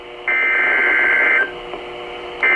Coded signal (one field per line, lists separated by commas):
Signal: Emergency Alert System (SAME) tones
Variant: header bursts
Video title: April fools? EAS alerts of 4-1-24/EAS #41 66